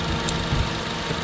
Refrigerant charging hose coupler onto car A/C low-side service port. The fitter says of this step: click you hear the click and you don't have to that's it